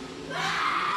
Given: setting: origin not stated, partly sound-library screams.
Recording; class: one-second piece from a danger detection set; woman in danger